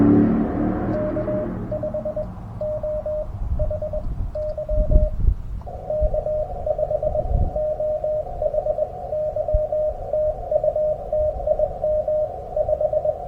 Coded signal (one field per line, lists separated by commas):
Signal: Morse code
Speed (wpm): 21 wpm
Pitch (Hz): 610 Hz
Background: none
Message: K5OHY K5OHY TU TIM 5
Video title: Unboxing the G90 Backyard POTA Hunting